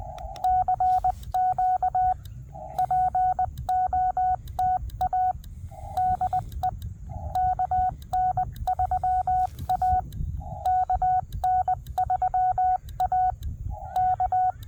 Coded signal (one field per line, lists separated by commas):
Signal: Morse code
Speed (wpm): 20 wpm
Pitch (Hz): 740 Hz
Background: none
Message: CQ POTA DE KN3A KN3A K